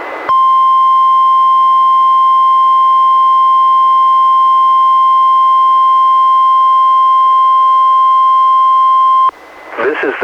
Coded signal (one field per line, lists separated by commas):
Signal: Emergency Alert System (SAME) tones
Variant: 1050 Hz attention tone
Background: speech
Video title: EAS #691: NWR Required Weekly Test- Aug. 31, 2022- 11:01AM PDT